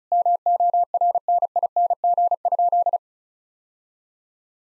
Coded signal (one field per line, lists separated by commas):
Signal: Morse code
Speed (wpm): 34 wpm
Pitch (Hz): 700 Hz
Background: none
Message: MORNING?